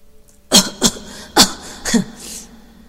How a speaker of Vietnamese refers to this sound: Đột nhiên có tiếng người ho lên, rồi lại bật cười một tiếng. Nhưng không phải là những người đang ngồi quay ở đây. Âm thanh đó phát ra từ phía sàn thuyền.